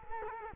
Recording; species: mosquito wingbeat signal from an infrared sensor; Culex quinquefasciatus